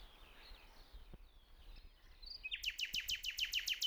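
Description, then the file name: Common nightingale song: faint thin notes at first, then a loud burst of rapid, identical sharp notes repeated in quick succession. "Luscinia megarhynchos"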